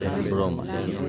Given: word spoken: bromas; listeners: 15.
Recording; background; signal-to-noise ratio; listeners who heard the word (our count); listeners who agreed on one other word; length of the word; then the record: one Spanish word in noise, from a listening test; eight-talker babble; 0.4 dB; 0 of 15; 9 of 15; 0.69 s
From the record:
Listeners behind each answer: 9, 2, 1, 1, 1, 1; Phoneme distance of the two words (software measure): 7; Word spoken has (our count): 2 syllables, 6 phonemes, stress on syllable 1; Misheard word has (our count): 2 syllables, 5 phonemes, stress on syllable 1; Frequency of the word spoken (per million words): 8.44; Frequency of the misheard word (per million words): 17.12